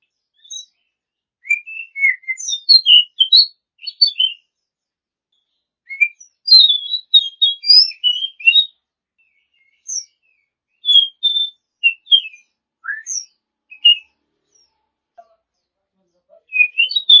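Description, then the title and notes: Oriental magpie-robin song: varied clear whistles and rich chirping phrases, sung in short bursts with pauses between them, some notes sweeping up or down. Champion bird. "Kicau Burung Kacer Juara. Suara Kicauan Burung Kacer Juara"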